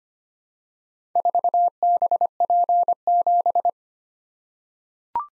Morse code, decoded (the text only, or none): 4BP7